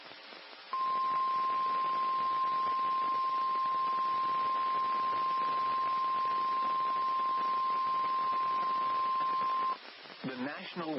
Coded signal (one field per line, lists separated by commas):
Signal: Emergency Alert System (SAME) tones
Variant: 1050 Hz attention tone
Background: speech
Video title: Tornado Watch #56 (3/26/21) [EAS #81]